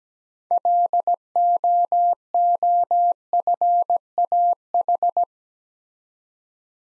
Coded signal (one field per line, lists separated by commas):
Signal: Morse code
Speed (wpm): 17 wpm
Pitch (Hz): 700 Hz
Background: none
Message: LOOFAH